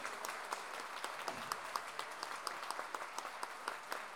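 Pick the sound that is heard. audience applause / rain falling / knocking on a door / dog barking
audience applause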